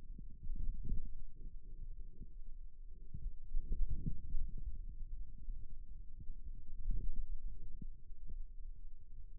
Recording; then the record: forearm muscle sounds (acoustic myography)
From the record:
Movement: outward rotation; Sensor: system 2, bracelet of six BSWA MPA416 microphones around the upper forearm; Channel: 4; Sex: male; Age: 22 years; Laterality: right